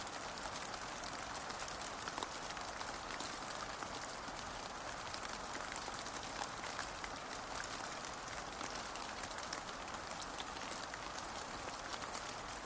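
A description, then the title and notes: Steady rain falls without pause, a dense, even hiss of countless drops that stays bright and level throughout. Fine crackling taps from drops striking a surface run through it, with no other sounds standing out. Raining Sounds For Sleeping Soft ASMR.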